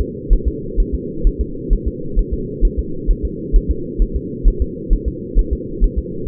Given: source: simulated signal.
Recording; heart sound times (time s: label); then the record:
fetal heart sounds
0.01 s: S2
0.33 s: S1
0.48 s: S2
0.80 s: S1
0.95 s: S2
1.27 s: S1
1.41 s: S2
1.73 s: S1
1.88 s: S2
2.19 s: S1
2.34 s: S2
2.65 s: S1
2.79 s: S2
3.11 s: S1
3.25 s: S2
3.56 s: S1
3.71 s: S2
4.02 s: S1
4.16 s: S2
4.48 s: S1
4.62 s: S2
4.93 s: S1
5.08 s: S2
5.39 s: S1
5.53 s: S2
5.84 s: S1
5.99 s: S2
From the record:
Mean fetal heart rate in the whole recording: 130 bpm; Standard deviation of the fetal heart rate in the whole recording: 2 bpm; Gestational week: 38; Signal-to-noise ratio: -4.3 dB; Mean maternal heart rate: 72 bpm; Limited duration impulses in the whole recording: absent